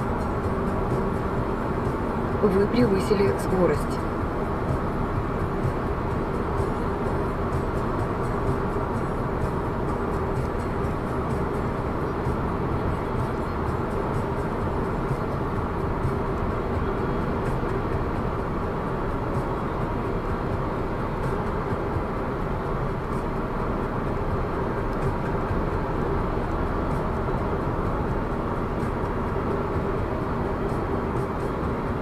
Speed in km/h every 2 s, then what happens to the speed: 111, 112, 110, 109, 109, 109, 109, 109, 110, 110, 110, 109, 108, 108, 106, 105.
0-32 steady at about 109.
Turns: none.